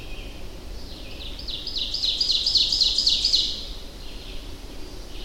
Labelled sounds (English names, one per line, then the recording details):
Ovenbird song
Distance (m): 20 m
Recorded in boreal forest in Alberta, Canada, on 25 June 2016 at 07:48
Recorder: SongMeter 3, array SBT-6-76
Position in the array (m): 18 m, 110 m
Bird 2